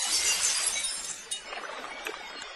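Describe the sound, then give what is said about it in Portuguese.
A bright crash of shattering glass, followed by a scattered tinkle of small pieces clinking and settling for a couple of seconds, with no voices. “Batendo na superfície do lago, o sapo partira-se em mil pedaços”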